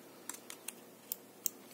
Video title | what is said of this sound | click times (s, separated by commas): Гибкий удлинительный кабель для microSD карты памяти - Распаковка, обзор (с алиэкспресс) | защелкнулась вот | 1.5 s